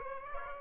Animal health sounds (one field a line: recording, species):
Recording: mosquito wingbeat signal from an infrared sensor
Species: Aedes aegypti